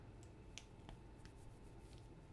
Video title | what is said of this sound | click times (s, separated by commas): Unboxing Wyze Cam v3 | Yeah, it just snaps in here like that. Kind of makes a pop. | 0.6 s